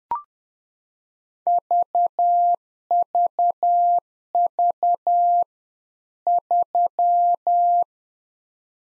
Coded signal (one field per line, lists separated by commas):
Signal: Morse code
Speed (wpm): 10 wpm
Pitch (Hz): 700 Hz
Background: none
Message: VVV 3